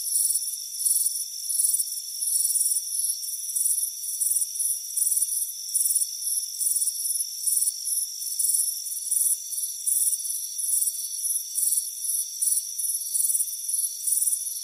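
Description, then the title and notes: Cricket chirps pulse on and on, high and buzzy, in a dense run of short bursts above a constant thin drone. Crickets chirping on a warm afternoon at a front porch. "Soothing Crickets Chirping Sound. It's a warm afternoon as you relax in a hammock on the front porch. Relax and fall asleep to the soothing sound of chirping crickets"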